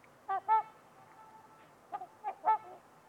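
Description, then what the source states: Trumpeter swan honks, two quick brassy notes followed after a pause by a cluster of several more. Trumpeter swans on a winter's eve at Winters Lake in a deep, silent valley, with distant white noise.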